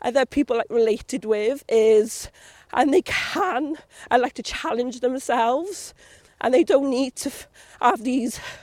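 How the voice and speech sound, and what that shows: An adult woman from South Wales who has a stammer speaks in short bursts broken by silent blocks and stretched sounds, such as a held 'k' and a drawn-out 'to… a'. These repeated blocks and prolongations, which interrupt the flow of otherwise clear speech, are typical of stammering.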